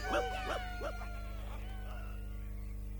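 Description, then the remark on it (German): Dogs bark and yip in a quick series of sharp, high calls, three strong ones followed by a few fainter yelps trailing off, over a steady low humming drone. “Er galt den Hunden, die die Spur der Kinder verloren hatten.”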